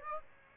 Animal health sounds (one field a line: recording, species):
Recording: mosquito wingbeat signal from an infrared sensor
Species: Aedes aegypti